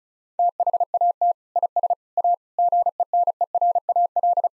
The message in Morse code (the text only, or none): THAT IS A GENERAL